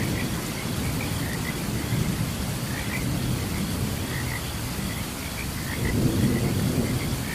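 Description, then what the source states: Frogs give clusters of short chirping croaks through a wash of steady rain, with a low thunder rumble rising late. Frogs chirping during a thunderstorm.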